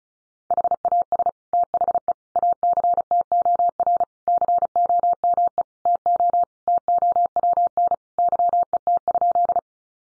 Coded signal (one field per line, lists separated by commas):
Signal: Morse code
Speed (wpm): 34 wpm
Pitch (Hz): 700 Hz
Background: none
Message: HAS THE ACTOR COME TO TOWN YET?